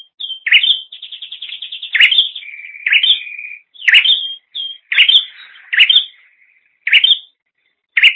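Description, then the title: Bird mixing sharp rising chirps with a fast rattling trill and a steady, buzzy held tone, irregular and busy. "kikicau"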